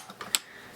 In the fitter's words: and it just snaps right into place.